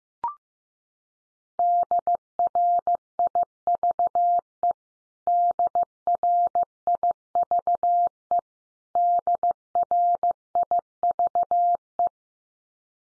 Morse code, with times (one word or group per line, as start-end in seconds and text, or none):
1.6-4.7 DRIVE
5.3-8.4 DRIVE
9.0-12.1 DRIVE